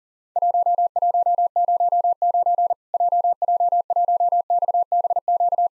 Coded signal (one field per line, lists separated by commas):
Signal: Morse code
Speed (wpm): 40 wpm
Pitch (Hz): 700 Hz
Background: none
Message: 1109 JJ1XBQ